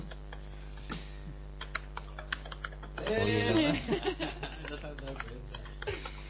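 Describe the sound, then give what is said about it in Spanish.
Rapid, irregular clicks of a computer keyboard being typed on, with a brief stretch of a man speaking in the middle and a steady low hum underneath. “Los y se oyen gotitas. Sí, porque están ahí con ¿cómo se llama? Teclado.”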